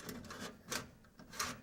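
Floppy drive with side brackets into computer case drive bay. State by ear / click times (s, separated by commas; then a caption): not seated / none. A floppy drive with snap-on side brackets, pre-clipped to its sides and supplied with the chassis, is slid into a computer case drive bay. Scraping, rasping sliding sounds come with short knocks, and the loudest, sharpest hit arrives near 1.4 s. Nothing has seated or clicked yet.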